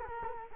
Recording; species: mosquito wingbeat signal from an infrared sensor; Culex quinquefasciatus